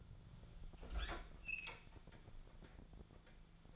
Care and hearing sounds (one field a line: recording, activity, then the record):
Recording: daily activity, microphone in the room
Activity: open fridge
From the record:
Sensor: 5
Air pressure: 1000.2 hPa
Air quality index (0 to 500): 101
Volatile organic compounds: 1 ppm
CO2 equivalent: 816 ppm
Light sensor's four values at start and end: 237/560/241/265 and 238/563/242/266